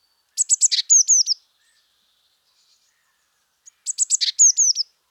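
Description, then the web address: Eurasian blue tit giving two matching calls about three seconds apart, each a burst of sharp high notes followed by descending thin whistles. "pub SETE data Cyanistes caeruleus"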